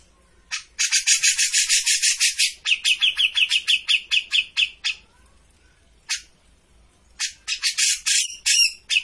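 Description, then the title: Grey-cheeked bulbul chattering: a quick series of scratchy notes runs for about four seconds, a lone note follows, then another harsh rasping burst. Singing continuously (gacor); used as a master for bird training. "Cucak Jenggot Gacor. Masteran burung cucak jenggot ! Suaka burung"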